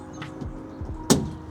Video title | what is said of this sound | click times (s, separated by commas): Roof box install on the 94 accord wagon | Click, lock. | 1.1 s